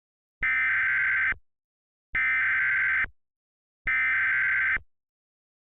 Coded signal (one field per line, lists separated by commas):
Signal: Emergency Alert System (SAME) tones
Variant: header bursts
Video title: EAS Gift - The Wrath of the Dark One. (Happy Birthday Emperor Yami of Louisville!!!!!)